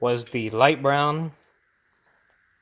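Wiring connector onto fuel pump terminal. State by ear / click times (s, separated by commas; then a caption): seated / 2.3 s. Someone talks, then a plastic electrical connector is pushed upside down onto the terminal of a new fuel pump for a 750iL E32 so the polarity is right. After the talk, faint small ticks are heard, and the connector clicks into place at 2.3 s, seated.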